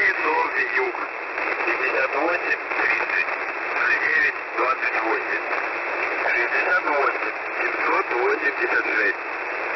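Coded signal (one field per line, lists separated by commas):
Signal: coded military voice message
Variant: S30 The Pip, Russian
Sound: a man's voice reading a message over narrow, hissy shortwave radio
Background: radio static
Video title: S30 "The Pip" message (5448 kHz) on 25th May, 2020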